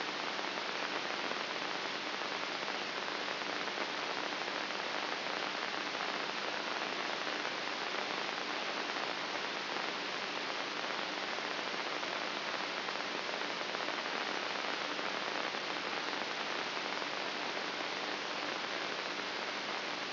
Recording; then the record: brain microelectrode recording played as sound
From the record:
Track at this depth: inside the subthalamic nucleus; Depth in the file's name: 5.44 mm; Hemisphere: right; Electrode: 3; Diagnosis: Parkinson's disease